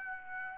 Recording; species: mosquito wingbeat signal from an infrared sensor; Aedes aegypti